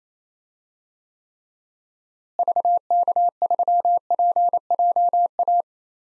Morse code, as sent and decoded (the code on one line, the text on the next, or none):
...- -.- ...-- .--. .--- .-
VK3PJA